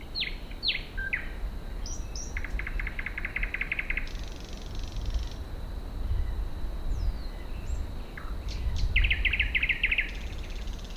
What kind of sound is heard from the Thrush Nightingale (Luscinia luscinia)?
song